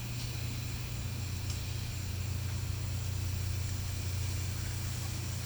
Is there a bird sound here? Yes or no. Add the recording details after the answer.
no. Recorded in pastures near Puerto Asís, Putumayo, Colombia, on 15 December 2024 at 14:00. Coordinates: 0.505, -76.324. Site G063